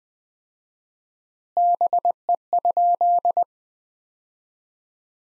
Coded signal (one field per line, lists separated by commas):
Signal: Morse code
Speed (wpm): 20 wpm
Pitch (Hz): 700 Hz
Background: none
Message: BE?